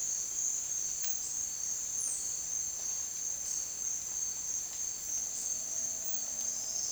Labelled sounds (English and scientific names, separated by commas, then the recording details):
none
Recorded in dense forest near Puerto Asís, Putumayo, Colombia, on 18 February 2024 at 08:00
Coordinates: 0.466, -76.327
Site G6413